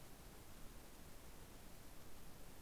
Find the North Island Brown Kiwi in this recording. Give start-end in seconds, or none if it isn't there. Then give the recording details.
none. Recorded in New Zealand on 7 November 2014. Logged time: 22:14. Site CJ68